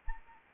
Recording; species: mosquito wingbeat signal from an infrared sensor; Anopheles arabiensis